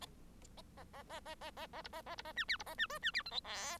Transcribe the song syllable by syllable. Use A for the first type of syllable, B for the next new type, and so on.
A A A A A A A B A A B A C D B A C E C D F G H